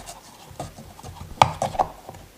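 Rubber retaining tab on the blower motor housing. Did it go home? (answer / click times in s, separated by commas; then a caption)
yes / 1.4 s. After re-lubing the blower motor of a 2004–2008 VW Rabbit, a flat screwdriver pulls a rubber retaining tab on the blower motor housing back up, with soft scraping and rubbing around it. The tab clicks into place with a sharp, loud click at 1.4 s, followed by a couple of smaller knocks at about 1.6 and 1.8 s, and the tab is seated.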